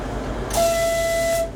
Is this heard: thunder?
no